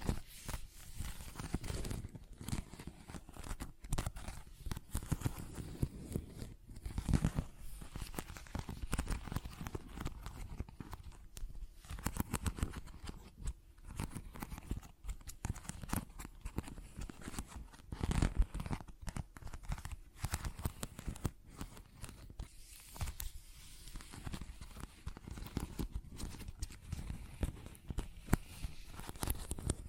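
Dense, irregular tapping and scratching runs for the full thirty seconds, a busy patter of small clicks and rubs weighted toward the low end. Brief gaps break it near 2, 7, 12, 14 and 19 seconds, and crinkly, tearing textures mix into the steady scratching.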